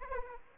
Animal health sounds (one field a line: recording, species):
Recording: mosquito wingbeat signal from an infrared sensor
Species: Aedes aegypti